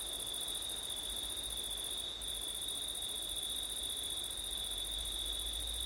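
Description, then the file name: High-pitched cricket trilling continues steadily, the upper voice pausing near two seconds, with some low wind rumble. Crickets on a September night in wind, recorded with an ORTF stereo setup. "crickets wind september night ortif"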